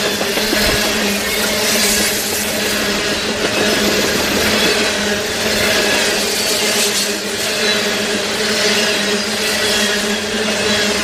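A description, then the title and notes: A train runs along the tracks with a steady, dense rumble that hardly changes in level. Low tones hum continuously beneath a rushing hiss, and brighter swells of wheel noise rise and fade about every few seconds, near 2–3, 6–7 and 10 seconds. Train On Tracks.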